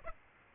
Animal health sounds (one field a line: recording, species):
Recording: mosquito wingbeat signal from an infrared sensor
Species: Aedes aegypti